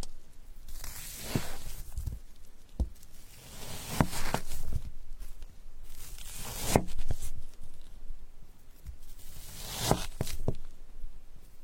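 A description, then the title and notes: Someone cuts cheesecake, with sharp knife taps and clicks striking the plate every second or two, strongest near 3, 4, 7 and 10 seconds. Between them come soft, bright scraping and sliding sounds, over a quiet low background. Cutting cheesecake.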